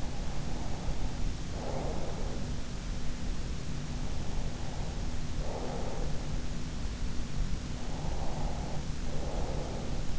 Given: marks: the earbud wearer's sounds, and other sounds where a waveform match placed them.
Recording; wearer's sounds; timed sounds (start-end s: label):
sounds in sleep by an in-ear microphone; breath
0.00-2.44 s: breath
3.97-6.54 s: breath
7.94-10.19 s: breath